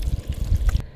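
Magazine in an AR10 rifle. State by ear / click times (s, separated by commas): partly seated / 0.7 s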